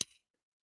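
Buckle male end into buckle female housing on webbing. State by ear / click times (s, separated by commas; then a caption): seated / 0.0 s. A buckle's male end is jammed firmly into the female buckle housing on webbing, because it has to be forced in before it latches. A single sharp, bright click lands at 0.0 s and fades quickly to silence by about 0.2 s. The buckle is seated and latched.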